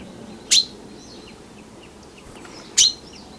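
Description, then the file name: Common chaffinch repeating a single sharp, bright call twice, about two seconds apart, over quiet background with faint twittering. "Fringilla coelebs"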